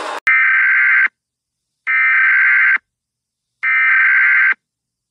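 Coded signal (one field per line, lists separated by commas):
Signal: Emergency Alert System (SAME) tones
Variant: header bursts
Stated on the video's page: Fictional EAS scenario.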